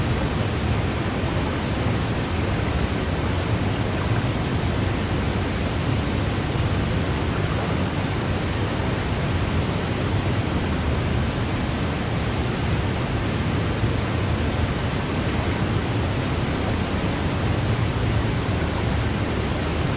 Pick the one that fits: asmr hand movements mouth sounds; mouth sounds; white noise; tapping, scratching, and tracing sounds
white noise